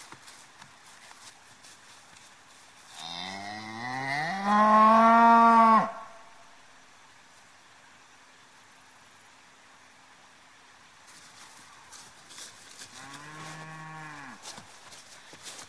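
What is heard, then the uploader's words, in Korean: A cow gives a long, loud, rising moo around three to six seconds, then a shorter, quieter moo near thirteen seconds over faint hiss. 소 울음 소리.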